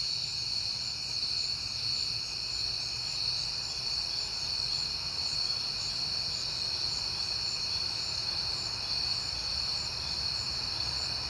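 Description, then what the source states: Crickets chirping in a dense, steady high-pitched chorus that never pauses, with a soft low rumble underneath. Crickets at night in September, on a peaceful night.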